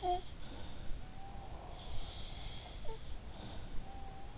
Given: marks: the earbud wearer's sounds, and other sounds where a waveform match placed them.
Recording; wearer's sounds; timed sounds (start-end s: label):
sounds in sleep by an in-ear microphone; breath
0.00-4.01 s: sound from someone else or the room
0.92-2.43 s: breath